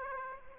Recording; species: mosquito wingbeat signal from an infrared sensor; Aedes aegypti